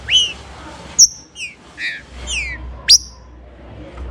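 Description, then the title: Green-winged Saltator song: separate whistled notes, some falling and some sharply rising, spaced irregularly. "Trinca Ferro"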